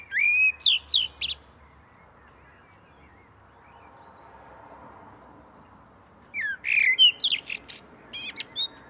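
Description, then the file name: Common blackbird song: a mellow whistle with squeaky twitters opening, a quiet pause, then a longer run of rising whistles and high chattering notes. "Turdus merula"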